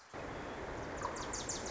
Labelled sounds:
Wilson's Warbler

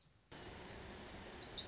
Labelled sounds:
Lazuli Bunting

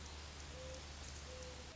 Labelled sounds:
Mourning Dove

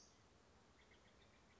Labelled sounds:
Western Flycatcher

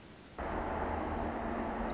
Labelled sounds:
Pacific Wren

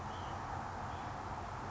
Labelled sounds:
White-breasted Nuthatch

